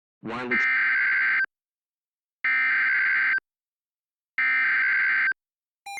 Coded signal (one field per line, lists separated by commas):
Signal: Emergency Alert System (SAME) tones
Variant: header bursts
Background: speech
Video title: EAS Scenario: The Breaking News Incident